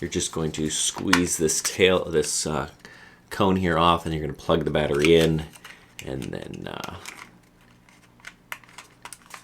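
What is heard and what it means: Someone talks while handling the plastic tail cone battery cover on a WL K170 Blackhawk RC helicopter fuselage, squeezing it off to plug the battery in. After the talking stops, a few sharp plastic taps and clicks follow as the cover is handled. Nothing has seated or clicked into place yet.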